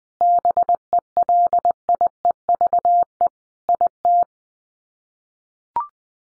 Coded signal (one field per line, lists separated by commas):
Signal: Morse code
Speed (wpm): 20 wpm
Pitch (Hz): 700 Hz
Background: none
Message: BELIEVE IT